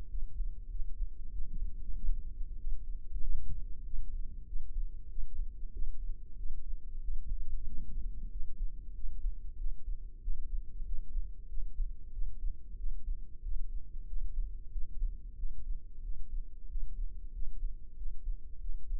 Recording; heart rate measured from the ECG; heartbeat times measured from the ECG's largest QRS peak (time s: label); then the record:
heart sounds by microphone in the left ear; 94 bpm
0.11 s: heartbeat
0.73 s: heartbeat
1.34 s: heartbeat
1.97 s: heartbeat
2.60 s: heartbeat
3.23 s: heartbeat
3.86 s: heartbeat
4.49 s: heartbeat
5.11 s: heartbeat
5.75 s: heartbeat
6.39 s: heartbeat
7.04 s: heartbeat
7.68 s: heartbeat
8.33 s: heartbeat
8.97 s: heartbeat
9.60 s: heartbeat
10.23 s: heartbeat
10.87 s: heartbeat
11.51 s: heartbeat
12.15 s: heartbeat
12.79 s: heartbeat
13.45 s: heartbeat
14.09 s: heartbeat
14.74 s: heartbeat
15.39 s: heartbeat
16.05 s: heartbeat
16.71 s: heartbeat
17.35 s: heartbeat
17.99 s: heartbeat
18.63 s: heartbeat
From the record:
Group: healthy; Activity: rest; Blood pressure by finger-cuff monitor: 138/73 mmHg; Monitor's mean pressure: 92 mmHg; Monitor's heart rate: 94 bpm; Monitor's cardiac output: 8.2 L/min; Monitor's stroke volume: 87 mL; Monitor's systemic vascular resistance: 830 dyn s/cm5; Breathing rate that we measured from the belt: 18 breaths a minute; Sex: male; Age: 21 years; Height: 175 cm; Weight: 72.6 kg